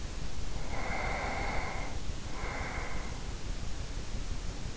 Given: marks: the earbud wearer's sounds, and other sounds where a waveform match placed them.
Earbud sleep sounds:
sounds in sleep by an in-ear microphone; breath
0.67-3.69 s: breath

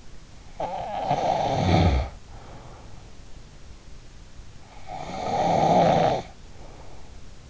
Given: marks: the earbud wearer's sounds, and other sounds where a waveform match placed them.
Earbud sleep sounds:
sounds in sleep by an in-ear microphone; snoring breath
0.59-3.51 s: snoring breath
4.68-7.50 s: snoring breath

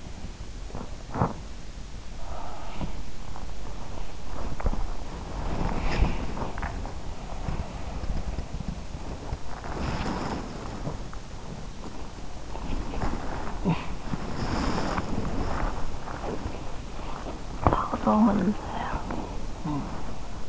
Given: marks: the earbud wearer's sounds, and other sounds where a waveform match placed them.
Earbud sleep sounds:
sounds in sleep by an in-ear microphone; body movement
0.00-20.48 s: body movement

